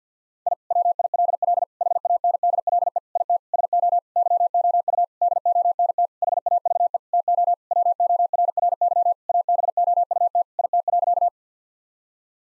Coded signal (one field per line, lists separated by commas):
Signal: Morse code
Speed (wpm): 50 wpm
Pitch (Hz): 700 Hz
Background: none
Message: I WILL HANDLE IT SO YOU DONT HAVE TO WORRY ABOUT IT.